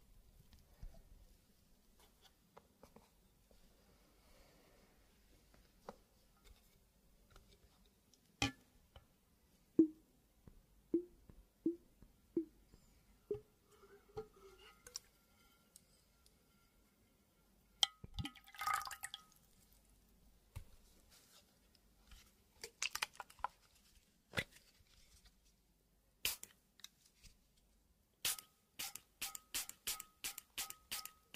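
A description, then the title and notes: Water and glass sounds, mostly quiet with sparse taps and clinks. Around ten to fourteen seconds a run of small, evenly spaced drips plinks. A short splashy burst follows near eighteen seconds, and the end brings a fast, regular series of bright glassy ticks. WATER Pouring Liquid Glass Sounds.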